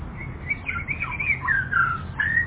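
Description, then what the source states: Canary giving soft whistled notes that rise, fall and slur into one another, fairly quiet over a low hum. Several canaries.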